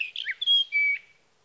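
Sage thrasher song: a few quick notes, then two long clear whistles, the second lower.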